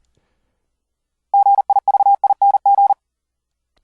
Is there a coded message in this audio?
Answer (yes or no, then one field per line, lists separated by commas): yes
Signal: Morse code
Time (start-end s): 1.3-2.9 s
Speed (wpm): 40 wpm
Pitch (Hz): 800 Hz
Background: none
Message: GIVING